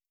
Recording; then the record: hydrophone in a shrimp aquaculture tank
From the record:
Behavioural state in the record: starved